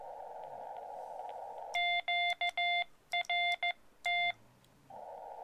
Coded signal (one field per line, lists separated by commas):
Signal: Morse code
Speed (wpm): 15 wpm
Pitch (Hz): 2100 Hz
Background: none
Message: QRT